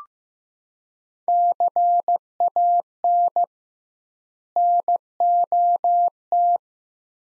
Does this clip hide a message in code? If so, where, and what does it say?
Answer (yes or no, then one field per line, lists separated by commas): yes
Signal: Morse code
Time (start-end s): 1.3-6.6 s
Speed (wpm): 15 wpm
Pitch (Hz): 700 Hz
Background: none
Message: CAN NOT